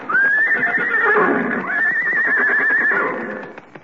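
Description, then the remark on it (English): A horse gives two long, wavering, high-pitched whinnies, one after the other, over a steady run of hooves clip-clopping as horses are brought in, on The Jack Benny Program. No one speaks. “Yeah, here are the horses, Mr.”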